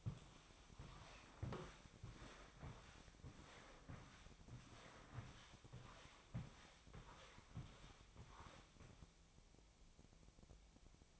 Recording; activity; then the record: daily activity, microphone in the room; walk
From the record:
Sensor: 1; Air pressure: 1000.5 hPa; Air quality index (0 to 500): 172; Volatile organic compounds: 4 ppm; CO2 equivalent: 1592 ppm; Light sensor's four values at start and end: 12/28/12/13 and 14/35/14/17